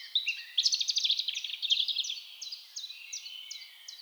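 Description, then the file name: European robin singing a dense burst of fast chattering notes, followed by a slower run of separate high ticking notes. "Erithacus rubecula"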